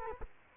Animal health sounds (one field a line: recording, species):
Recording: mosquito wingbeat signal from an infrared sensor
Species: Culex quinquefasciatus